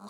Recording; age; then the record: pig call; piglet (1 to 25 days)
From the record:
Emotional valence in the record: negative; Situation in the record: short isolation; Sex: male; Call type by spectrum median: low-frequency call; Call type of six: mixed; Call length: 0.10 s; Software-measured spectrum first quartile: 238 Hz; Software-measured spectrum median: 683 Hz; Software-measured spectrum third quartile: 1507 Hz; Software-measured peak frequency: 211 Hz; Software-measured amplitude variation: 54 dB a second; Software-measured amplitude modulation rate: 4.9 a second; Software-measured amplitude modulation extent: 11.0 dB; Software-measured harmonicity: 4.7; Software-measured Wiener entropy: -0.69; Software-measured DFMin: 942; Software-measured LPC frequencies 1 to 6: 1145, 3814, 4239, 4643, 5816, 6793 Hz